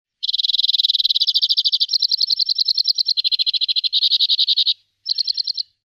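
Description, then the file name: Two-barred crossbill trilling: rapid dry high-pitched trills in several segments that shift pitch up and down, a short pause, then one brief final trill. "Bindenkreuzschnabel Loxia leucoptera"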